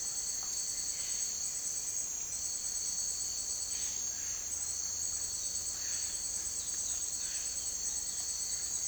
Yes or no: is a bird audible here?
yes